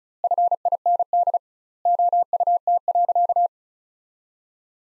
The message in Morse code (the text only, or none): FIND OUT.